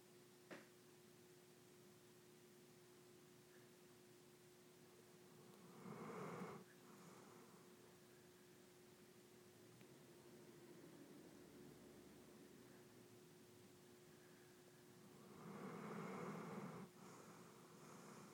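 A pet named Zappa snoring, with two louder snoring breaths about ten seconds apart over quiet breathing.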